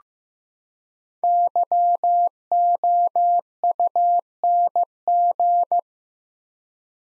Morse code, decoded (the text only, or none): YOUNG